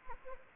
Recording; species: mosquito wingbeat signal from an infrared sensor; Anopheles gambiae